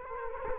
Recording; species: mosquito wingbeat signal from an infrared sensor; Culex quinquefasciatus